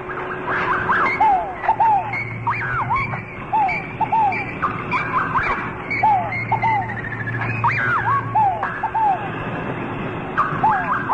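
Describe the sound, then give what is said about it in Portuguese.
Busy birdsong of repeated chirps and whistled calls fills a farm scene, while low, drawn-out moos of cattle (ox, cow and calf) rumble underneath twice. No one speaks. “canto dos pássaros, mugido de boi, de vaca, bezerrinho, galo que canta, galinha no canto que já tem um ovo”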